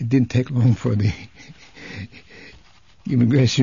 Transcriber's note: he laughs